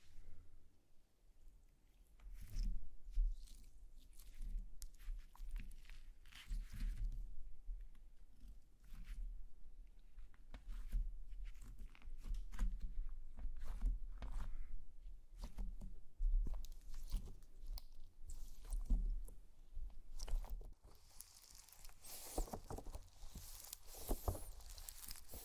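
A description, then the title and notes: Slime being squeezed and poked gives irregular wet squelches and clicks, with a steady low hum underneath and brighter crackling near the end. ASMR SLIME! 5 Satisfying Slimes.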